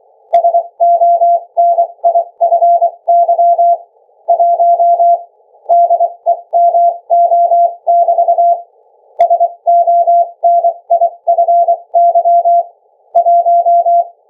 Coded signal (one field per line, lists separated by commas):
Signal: Morse code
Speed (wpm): 23 wpm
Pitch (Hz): 690 Hz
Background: none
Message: SONIFY 1 DEMO<BT> SONIFY 1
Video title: Sonify 1 demo - sending data via ultrasound morse code